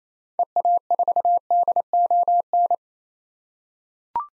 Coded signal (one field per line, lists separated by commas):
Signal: Morse code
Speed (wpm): 28 wpm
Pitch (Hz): 700 Hz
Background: none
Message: EA4DON